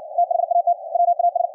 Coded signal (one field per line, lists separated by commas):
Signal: Morse code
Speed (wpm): 61 wpm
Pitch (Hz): 700 Hz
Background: none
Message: THAT WAS